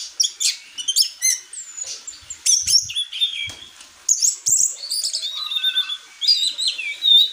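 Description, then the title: Orange-headed thrush singing in bursts of high whistles, rapid chips and rising slurred notes, with a few soft clicks underneath. Indonesian kicau mania bird-keeping; the bird, called anis merah, is described as gacor, teler, doyorng and a champion. "Kicau Mania Suara Burung Anis Merah Gacor Teler Doyorng Juara"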